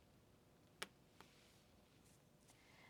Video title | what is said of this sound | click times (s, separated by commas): How to Diamond Paint Round Drills | now we're going to go in the middle and see if we hear a popping sound. | 0.8 s